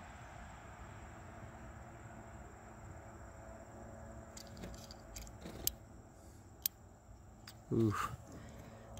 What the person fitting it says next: so that's a satisfying click